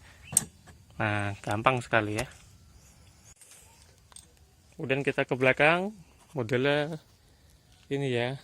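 A rear push-tab latch on a 2023 Viar New Q1 electric scooter is locked back into place with a sharp click at 0.4 s, confirming it is seated again. Someone then talks, with a few faint small knocks in the pause between phrases.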